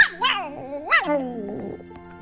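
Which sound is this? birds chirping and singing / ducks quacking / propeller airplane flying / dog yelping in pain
dog yelping in pain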